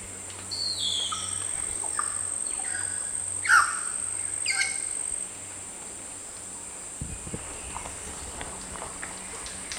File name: Band tailed cacique